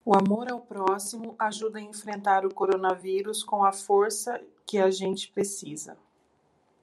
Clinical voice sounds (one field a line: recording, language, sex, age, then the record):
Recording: spoken sentence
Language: Brazilian Portuguese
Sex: female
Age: 40 to 49 years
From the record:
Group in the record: control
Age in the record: 43 years